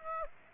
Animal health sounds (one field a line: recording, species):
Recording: mosquito wingbeat signal from an infrared sensor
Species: Aedes aegypti